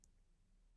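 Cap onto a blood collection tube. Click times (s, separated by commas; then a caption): 0.0 s. A plastic cap is placed on a blood collection tube and pressed down until it snaps shut. A single short, sharp, high-pitched snap is heard at 0.0 s over a low, steady background hum. The cap is seated on the tube.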